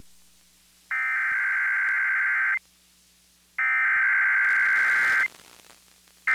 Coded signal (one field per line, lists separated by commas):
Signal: Emergency Alert System (SAME) tones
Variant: header bursts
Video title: EAS Severe Thunderstorm Watch WQRK Bedford, IN 7/31/2024